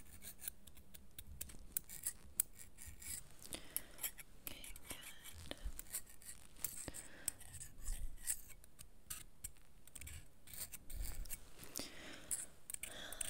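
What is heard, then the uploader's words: Bright scraping and brushing strokes with sharp clicks come in dense, irregular bursts throughout, over a faint low rumble. ASMR Dentist Roleplay (scraping, brushing, flossing).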